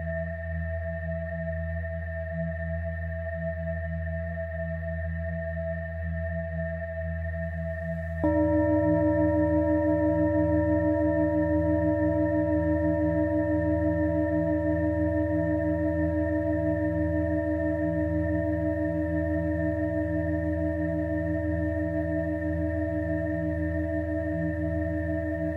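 Steady electronic tones hum with no breaks, built from a low drone and several fixed pitches. Just past eight seconds a second set of tones switches on abruptly, adding a brighter layer and making the sound louder; it then holds unchanged to the end.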